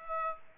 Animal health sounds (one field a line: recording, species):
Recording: mosquito wingbeat signal from an infrared sensor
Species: Aedes aegypti